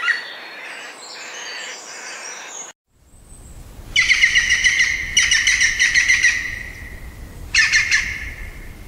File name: Picchio verde canto (Picus viridis)